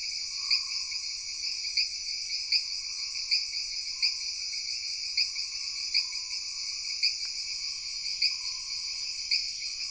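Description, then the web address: Insect chorus of the jungle, a continuous high-pitched ringing drone punctuated by regular clicking pulses, with a faint lower warbling tone drifting underneath. Jungle background ambience of insects with frogs. "Sony Pictures Sound Effects Series Backgrounds Jungle Insects With Frogs"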